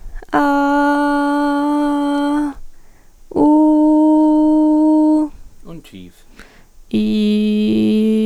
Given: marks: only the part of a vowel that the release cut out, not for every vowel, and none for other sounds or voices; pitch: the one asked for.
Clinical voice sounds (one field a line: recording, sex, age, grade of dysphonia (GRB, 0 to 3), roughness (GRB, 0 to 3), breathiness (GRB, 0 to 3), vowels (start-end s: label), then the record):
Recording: sustained vowels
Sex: female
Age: 20 to 29 years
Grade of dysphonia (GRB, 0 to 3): 0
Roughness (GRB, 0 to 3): 0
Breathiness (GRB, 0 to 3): 0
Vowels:
0.58-2.21 s: vowel /a/, high pitch
3.54-5.08 s: vowel /u/, high pitch
7.06-7.66 s: vowel /i/, low pitch
From the record:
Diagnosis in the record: healthy voice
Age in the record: 22 years